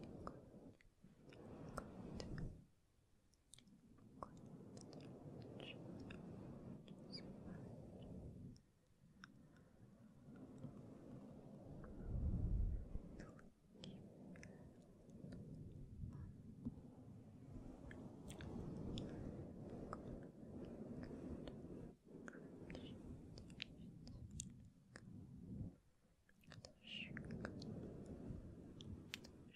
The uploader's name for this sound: Inaudible Whispering and Gentle Mic Touching